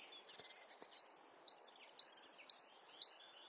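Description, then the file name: Great tit, scattered soft chirps at the start, then a steady rocking two-note whistle repeated about twice every second. "Parus major"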